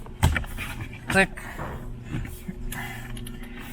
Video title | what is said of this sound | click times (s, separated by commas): Tacoma Dash mount install | you heard those two clicks and then her click click | 0.2 s, 0.4 s